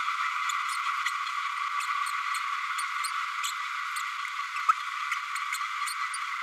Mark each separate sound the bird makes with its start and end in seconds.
5.11-5.16